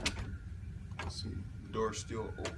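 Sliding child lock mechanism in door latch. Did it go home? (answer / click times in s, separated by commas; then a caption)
no / none. A sliding child-safety lock in a vehicle door latch is tried, and the slider fails to seat in its catch, so the door still opens. A short sharp sound comes at 0.1 s, and someone talks throughout. Nothing has seated or latched.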